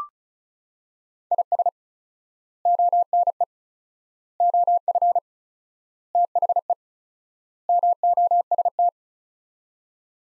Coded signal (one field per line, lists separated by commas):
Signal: Morse code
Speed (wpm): 34 wpm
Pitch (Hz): 700 Hz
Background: none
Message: IS ONE OF THE MOST